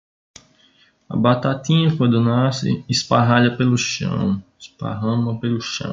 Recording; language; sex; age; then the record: short text; Brazilian Portuguese; male; 20 to 29 years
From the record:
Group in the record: control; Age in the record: 25 years